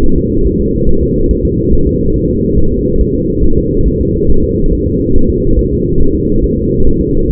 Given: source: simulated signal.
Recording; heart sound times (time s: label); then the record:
fetal heart sounds
0.04 s: S1
0.18 s: S2
0.47 s: S1
0.61 s: S2
0.89 s: S1
1.03 s: S2
1.31 s: S1
1.45 s: S2
1.73 s: S1
1.87 s: S2
2.16 s: S1
2.30 s: S2
2.59 s: S1
2.72 s: S2
3.01 s: S1
3.15 s: S2
3.45 s: S1
3.58 s: S2
3.88 s: S1
4.02 s: S2
4.31 s: S1
4.44 s: S2
4.73 s: S1
4.87 s: S2
5.16 s: S1
5.30 s: S2
5.59 s: S1
5.73 s: S2
6.02 s: S1
6.16 s: S2
6.44 s: S1
6.58 s: S2
6.87 s: S1
7.01 s: S2
7.30 s: S1
From the record:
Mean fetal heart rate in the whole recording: 140 bpm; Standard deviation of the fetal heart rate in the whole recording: 2 bpm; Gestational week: 34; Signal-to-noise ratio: -19.1 dB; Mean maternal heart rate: 72 bpm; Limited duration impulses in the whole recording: present